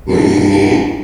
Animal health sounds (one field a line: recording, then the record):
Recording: squeal of a Yucatan mini pig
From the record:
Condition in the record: after surgery on the right vocal fold (resection and tissue-engineered implant)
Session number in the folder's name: 2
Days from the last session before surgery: 13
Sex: male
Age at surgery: 12 weeks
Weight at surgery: 13 kg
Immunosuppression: cyclosporine, prednisolone